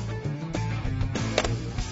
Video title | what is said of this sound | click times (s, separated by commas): Car Seat Installation - Parents | all right I heard the clicks and it feels secure great job | 1.4 s